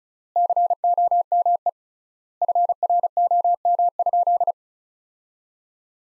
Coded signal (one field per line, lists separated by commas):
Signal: Morse code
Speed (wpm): 36 wpm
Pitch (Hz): 700 Hz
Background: none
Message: COME FROM?